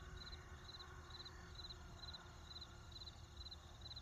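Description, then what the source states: Cricket chirps, brief pulsed bursts repeating roughly twice per second, with a continuous low drone underneath. Outdoor cricket ambience with distant traffic.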